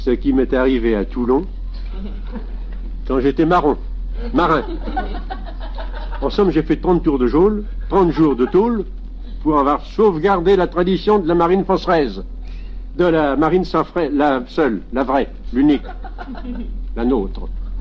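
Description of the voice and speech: A man speaks French in a quick, fairly steady comic monologue as a former sailor recounting Toulon, tripping over words: he swaps and restarts a phrase ('trente tours de geôle… trente jours de tôle'), corrects 'marin', and garbles a name. This is deliberate comic fumbling by a comedian famed as a 'bafouilleur', performed live, not a true speech disorder.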